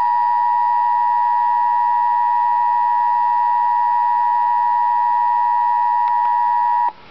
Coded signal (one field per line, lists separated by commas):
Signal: Emergency Alert System (SAME) tones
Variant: 853 and 960 Hz attention tone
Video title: Real EAS Alert #18 - Severe Thunderstorm Warning